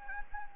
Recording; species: mosquito wingbeat signal from an infrared sensor; Anopheles gambiae